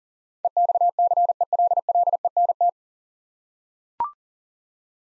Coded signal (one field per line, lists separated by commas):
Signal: Morse code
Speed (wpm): 40 wpm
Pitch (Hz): 700 Hz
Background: none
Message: EXCELLENT